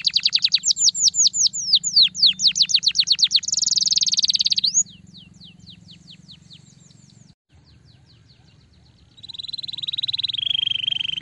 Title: Canto Para Esquentar Canário Belga. Masteran Burung kicau - Kenari starblue Suara asli